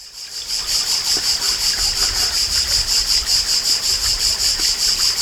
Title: Sylvain Jaskowiak - Animus. Cigale grise - Mane, Alpes-de-Haute-Provence - juillet 1999